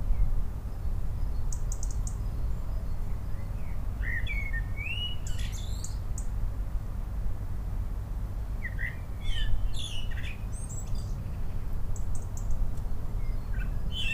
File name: Turdus merula - Common Blackbird